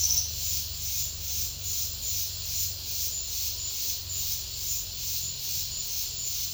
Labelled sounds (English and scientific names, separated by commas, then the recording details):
none
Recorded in secondary vegetation near Puerto Asís, Putumayo, Colombia, on 28 February 2025 at 11:30
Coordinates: 0.498, -76.327
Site G001